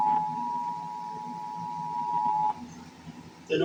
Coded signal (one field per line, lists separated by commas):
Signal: Emergency Alert System (SAME) tones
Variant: 853 and 960 Hz attention tone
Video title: EAS on Rootle of Channel #4-2 BLUE ALERT IN NC (*9/13/2025*)